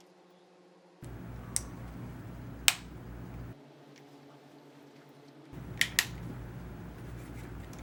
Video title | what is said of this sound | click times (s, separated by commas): Samsung Galaxy S4 Underwater (@Seidio Obex Case) | Very nice audible clicks letting you know that it is in there. | 1.6 s, 2.7 s, 5.8 s, 6.0 s